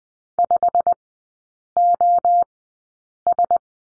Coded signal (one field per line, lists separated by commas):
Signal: Morse code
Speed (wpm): 20 wpm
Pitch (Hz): 700 Hz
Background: none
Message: 5OS